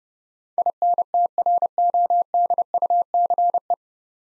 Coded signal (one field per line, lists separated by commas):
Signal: Morse code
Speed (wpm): 30 wpm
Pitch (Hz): 700 Hz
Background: none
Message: INTRODUCE